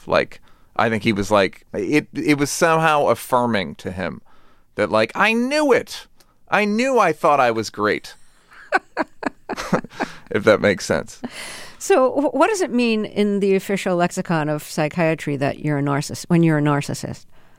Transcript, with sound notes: Like, I think he was like - it was somehow affirming to him that, like, I knew it. I knew I thought I was great... (Laughter) ...If that makes sense.
So what does it mean in the official lexicon of psychiatry that you're a narcissist - when you're a narcissist?